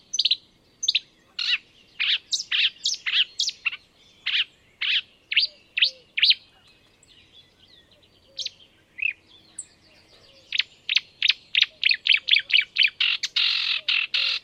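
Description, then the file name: Marsh warbler song: rapid, varied bursts of sharp high notes, a pause mid-way, then a fast buzzy run of repeated notes, with faint low chirps behind. "enekes nadiposzata hangja"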